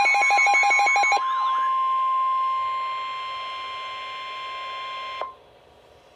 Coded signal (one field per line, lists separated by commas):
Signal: Emergency Alert System (SAME) tones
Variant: 1050 Hz attention tone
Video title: Severe Thunderstorm Warning - EAS #642